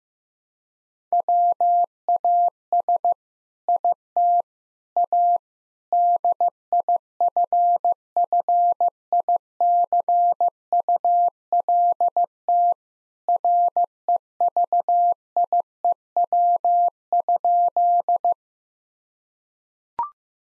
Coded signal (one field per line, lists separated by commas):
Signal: Morse code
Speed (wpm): 16 wpm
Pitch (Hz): 700 Hz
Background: none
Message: WAS IT A DIFFICULT REVIEW?